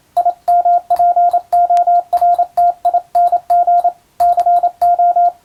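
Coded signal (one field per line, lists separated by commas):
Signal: Morse code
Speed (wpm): 27 wpm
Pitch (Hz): 700 Hz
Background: radio noise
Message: IMPORTING CO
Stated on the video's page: Marine radiotelegraph telegram sending practice for the Japanese radio operator licence exam's Morse practical, also for amateur receiving training.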